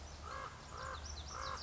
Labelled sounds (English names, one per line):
Common Raven